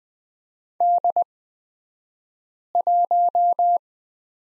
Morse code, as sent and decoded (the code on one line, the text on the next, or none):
-.. .----
D1